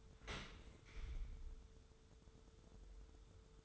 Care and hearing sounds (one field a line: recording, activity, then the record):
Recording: daily activity, microphone in the room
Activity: open dishwasher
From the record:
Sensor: 3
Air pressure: 1014.9 hPa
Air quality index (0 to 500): 30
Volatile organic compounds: 1 ppm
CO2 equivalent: 533 ppm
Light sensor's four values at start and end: 11/26/11/10 and 11/26/11/10